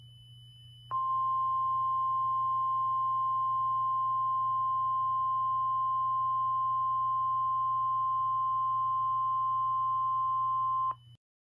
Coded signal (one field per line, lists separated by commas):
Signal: Emergency Alert System (SAME) tones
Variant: 1050 Hz attention tone